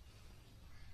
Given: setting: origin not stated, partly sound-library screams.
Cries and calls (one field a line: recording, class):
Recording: one-second piece from a danger detection set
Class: normal situation